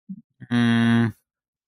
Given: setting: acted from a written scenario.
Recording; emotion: vocal sound without words; shame